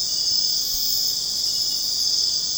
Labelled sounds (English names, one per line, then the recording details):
none
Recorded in secondary vegetation near Puerto Asís, Putumayo, Colombia, on 29 June 2025 at 22:30
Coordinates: 0.484, -76.319
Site G074